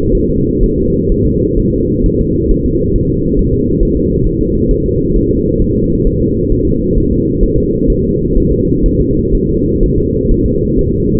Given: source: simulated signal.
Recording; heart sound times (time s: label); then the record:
fetal heart sounds
0.15 s: S1
0.29 s: S2
0.63 s: S1
0.78 s: S2
1.12 s: S1
1.27 s: S2
1.59 s: S1
1.74 s: S2
2.06 s: S1
2.21 s: S2
2.51 s: S1
2.66 s: S2
2.96 s: S1
3.10 s: S2
3.39 s: S1
3.54 s: S2
3.83 s: S1
3.97 s: S2
4.27 s: S1
4.41 s: S2
4.71 s: S1
4.86 s: S2
5.16 s: S1
5.31 s: S2
5.62 s: S1
5.76 s: S2
6.07 s: S1
6.22 s: S2
6.52 s: S1
6.67 s: S2
6.98 s: S1
7.12 s: S2
7.43 s: S1
7.58 s: S2
7.90 s: S1
8.05 s: S2
8.38 s: S1
8.52 s: S2
8.86 s: S1
9.01 s: S2
9.35 s: S1
9.49 s: S2
9.83 s: S1
9.98 s: S2
10.31 s: S1
10.46 s: S2
10.79 s: S1
10.93 s: S2
From the record:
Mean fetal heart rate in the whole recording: 130 bpm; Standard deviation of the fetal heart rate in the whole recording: 4 bpm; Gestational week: 38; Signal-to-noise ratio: -14.7 dB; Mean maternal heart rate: 72 bpm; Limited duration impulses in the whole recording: present